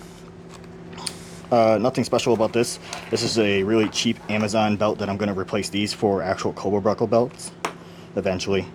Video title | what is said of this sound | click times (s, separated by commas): Airsoft Kit Breakdown | It actually goes in, locks into place. | 1.1 s